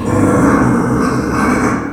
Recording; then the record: squeal of a Yucatan mini pig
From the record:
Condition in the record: after surgery on the right vocal fold (resection and tissue-engineered implant); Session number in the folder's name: 3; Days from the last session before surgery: 21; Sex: female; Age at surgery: 19 weeks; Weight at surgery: 25 kg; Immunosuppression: prednisolone